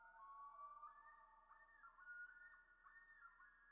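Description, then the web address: Common Loon tremolo, a quavering, wavering call that holds near one pitch with quick pulses, over a faint low hum. "Dan Gibson Wildlife Identification By Sound, Eastern North America Pt 1 Common Loon"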